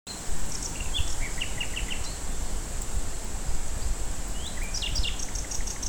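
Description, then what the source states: Common nightingale giving scattered short chirps and quick notes over a steady low rumble. Recorded at Fort Vechten on 1 May 2026.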